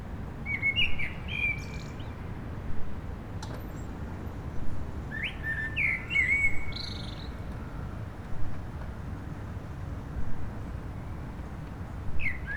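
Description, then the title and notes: Common blackbird singing low fluty warbled phrases ending in thin high twitters, phrases spaced several seconds apart, over a constant low rumble of traffic. Blackbirds singing after sunset on a mild day, eve of the winter solstice, Rue Jacques Cartier, Aix-les-Bains, France, with urban traffic. "Rue Jacques Cartier, 73100 Aix-les-Bains, Auvergne-Rhône-Alpes, France - Merle du solstice. En cette douce journée les merles commencent à chanter après le coucher du soleil, passages d'avions, circulation urbaine demain c'est le solstice d'hiver"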